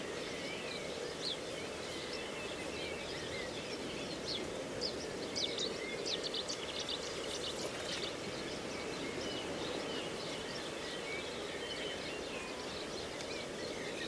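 Reedbed ambience with a steady rustling wash, many small bird chirps and trills flickering high above, busiest around the middle seconds.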